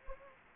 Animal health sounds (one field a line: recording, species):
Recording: mosquito wingbeat signal from an infrared sensor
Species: Anopheles gambiae